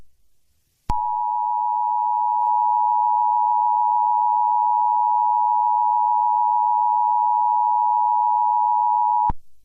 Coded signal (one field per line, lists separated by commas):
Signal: Emergency Alert System (SAME) tones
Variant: 853 and 960 Hz attention tone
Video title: EAS MOCK Hurricane Dexter whole MOCK